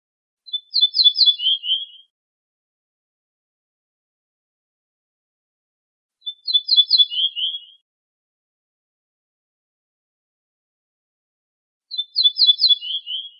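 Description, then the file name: Ortolan bunting repeats its song three times, roughly every five to six seconds: a run of high ringing notes falling to lower, softer tones. "suara kicauan ortolan"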